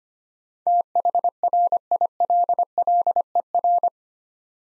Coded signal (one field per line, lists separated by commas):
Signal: Morse code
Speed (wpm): 25 wpm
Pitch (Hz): 700 Hz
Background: none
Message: THRILLER